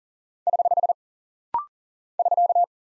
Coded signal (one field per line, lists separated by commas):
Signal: Morse code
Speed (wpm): 39 wpm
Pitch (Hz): 700 Hz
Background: none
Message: <HH> <SK>